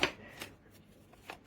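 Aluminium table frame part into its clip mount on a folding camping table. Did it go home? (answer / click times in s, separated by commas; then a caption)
yes / 0.0 s. A VILLEY folding camping table with an aluminium frame and Oxford fabric has an aluminium frame part pushed into its clip mount, and it clips in with a sharp click at 0.0 s. Softer clicks and rustling follow at about 0.4 s and 1.3 s. The frame part is seated.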